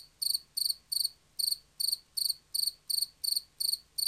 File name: markfårekylling